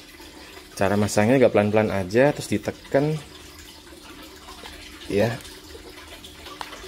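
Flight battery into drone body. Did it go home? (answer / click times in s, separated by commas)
yes / 6.6 s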